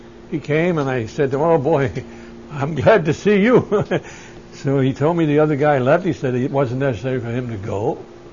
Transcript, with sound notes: He came, and I said, "Oh, boy, I'm glad to see you." ( he laughs ) So he told me the other guy left. He said it wasn't necessary for him to go.